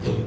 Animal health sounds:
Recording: contact call of a hoofed animal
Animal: pig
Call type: closed-mouth grunt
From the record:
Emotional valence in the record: negative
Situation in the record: short social isolation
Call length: 0.27 s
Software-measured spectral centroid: 1730 Hz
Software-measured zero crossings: 900 a second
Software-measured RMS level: -24 dBFS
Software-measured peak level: -13 dBFS

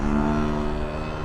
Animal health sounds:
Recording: contact call of a hoofed animal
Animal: cattle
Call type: low-frequency (closed-mouth) or high-frequency (open-mouth) call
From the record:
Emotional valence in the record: negative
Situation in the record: full separation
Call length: 1.25 s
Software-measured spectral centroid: 1290 Hz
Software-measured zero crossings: 980 a second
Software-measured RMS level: -24 dBFS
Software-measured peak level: -10 dBFS

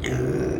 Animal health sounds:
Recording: contact call of a hoofed animal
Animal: pig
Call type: closed-mouth grunt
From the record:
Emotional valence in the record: negative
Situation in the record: short social isolation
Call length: 0.59 s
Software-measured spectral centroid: 2030 Hz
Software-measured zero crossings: 1000 a second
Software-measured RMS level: -24 dBFS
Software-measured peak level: -12 dBFS

